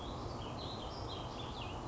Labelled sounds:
Cassin's Vireo
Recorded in Sonoma County, California

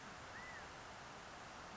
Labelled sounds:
California Quail
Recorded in Sonoma County, California

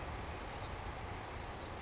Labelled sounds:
Savannah Sparrow
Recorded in Sonoma County, California

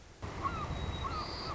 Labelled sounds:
White-crowned Sparrow
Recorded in Sonoma County, California

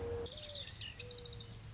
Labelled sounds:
Mourning Dove
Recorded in Sonoma County, California

